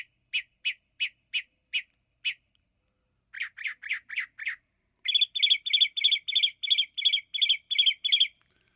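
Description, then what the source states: Northern Mockingbird song: varied phrases, first a series of single sharp notes, then a few faster grouped chirps, then a long run of rapid repeated notes. Family Mimidae (mimic thrushes); described as one of the top mimics on the planet.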